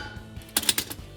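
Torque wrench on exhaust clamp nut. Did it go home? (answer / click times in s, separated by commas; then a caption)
yes / 0.6 s, 0.7 s. A click-type torque wrench set to 45 ft-lb tightens an exhaust clamp nut on a Proven Ground resonator delete for a 2011-2020 F-150, while a 15 mm wrench holds the other side. The wrench clicks at about 0.6 s and 0.7 s, with another sharp tick near 0.8 s, over a low background. The clicks confirm the nut has reached the 45 ft-lb setting.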